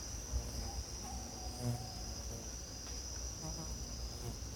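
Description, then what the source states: Insects drone steadily at a high pitch, with a few faint low thumps. Costa Rica rainforest jungle, morning, insect bed, spaced AB stereo recording with CMC 6 microphones.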